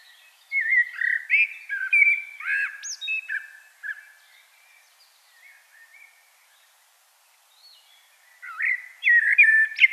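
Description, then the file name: Common blackbird singing two fluty, warbled phrases with squeaky high twitters, the second starting near the end after a quiet gap. "Turdus merula"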